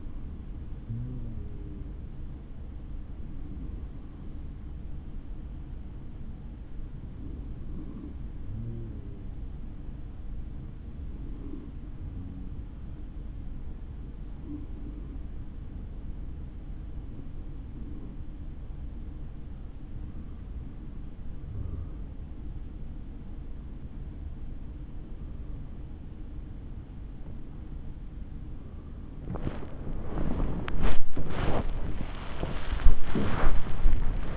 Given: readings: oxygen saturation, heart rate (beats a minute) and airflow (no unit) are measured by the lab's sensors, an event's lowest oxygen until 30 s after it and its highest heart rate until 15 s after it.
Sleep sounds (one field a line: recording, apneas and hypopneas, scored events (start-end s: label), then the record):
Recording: breathing in sleep by a smartphone at the bedside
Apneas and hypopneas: 1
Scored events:
4.00-29.70 s: hypopnea (N3, oxygen 94% highest, then 93% lowest, heart rate 70 at the start, 101 highest)
32.00-34.37 s: new sleep stage, N2 (light sleep)
From the record:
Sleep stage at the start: N3 (deep sleep)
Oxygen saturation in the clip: 93 to 94%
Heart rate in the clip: 66 to 83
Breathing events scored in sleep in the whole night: 160 in 9.3 hours asleep